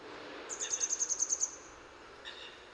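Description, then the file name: Grey wagtail giving a rapid run of about ten thin, sharp, high ticking notes, followed by a faint lower sound and soft background noise. Recorded in Utrecht. "Grote gele kwikstaart in Utrecht - luc de bruijn"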